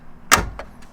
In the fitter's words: and then once you're done you can just reinsert it to the compartment make sure it snaps in place